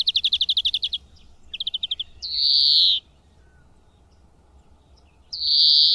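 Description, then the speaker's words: European greenfinch song: two rapid trilled twittering phrases, then a long, wheezy, drawn-out buzz, with a second buzz after a pause of about two seconds. Two song types, melodious whistles and a monotonous call with long pauses; sings from tops of bushes or trees and in flight. "Florintele are două tipuri de cântec. Unul constă din fluierături melodioase, iar celălalt este un strigăt monoton cu pauze lungi."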